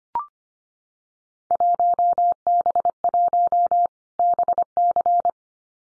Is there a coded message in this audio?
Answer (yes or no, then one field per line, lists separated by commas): yes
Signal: Morse code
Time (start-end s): 1.5-5.3 s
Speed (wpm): 25 wpm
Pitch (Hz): 700 Hz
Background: none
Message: 1B1 BC